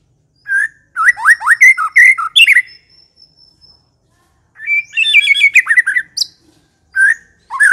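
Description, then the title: White-rumped shama song: varied whistled phrases with rapid descending notes, a long thin high tone, a pause, then more melodic bursts. Song used as a lure to provoke an aggressive fighting bird. "Pancingan Murai Batu Galak"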